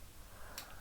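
A plastic turret part is pressed into the fuselage of a model Lancaster aircraft kit, and a sharp tick sounds at 0.6 s. The part clicks but is only partly seated, not fully home. No talk is heard in the clip.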